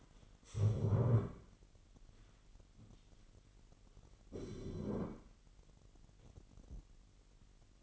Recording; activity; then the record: daily activity, microphone in the room; stand up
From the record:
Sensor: 4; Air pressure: 999.3 hPa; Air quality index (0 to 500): 113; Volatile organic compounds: 2 ppm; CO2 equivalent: 1114 ppm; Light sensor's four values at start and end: 11/25/10/11 and 11/25/10/11